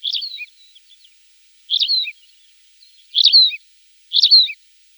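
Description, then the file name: Tawny pipit song: four rich chirped phrases about one to two seconds apart, each a buzzy burst sliding down with a brief low note at the end, against a quiet background. "Konek polevoj"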